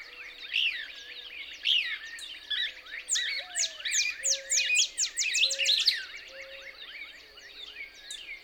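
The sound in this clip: Couch's Kingbird song building into a fast run of sharp, downslurred chirps, with low rising and level whistles behind.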